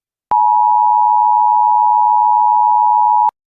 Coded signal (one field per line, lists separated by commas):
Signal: Emergency Alert System (SAME) tones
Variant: 853 and 960 Hz attention tone